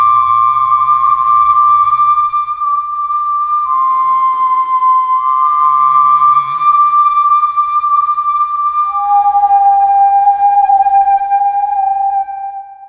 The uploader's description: Processed whistles